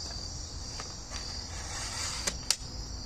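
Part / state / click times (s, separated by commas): e-bike battery into frame battery mount / seated / 2.5 s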